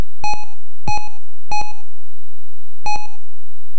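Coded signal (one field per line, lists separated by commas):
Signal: none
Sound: a game's short beeps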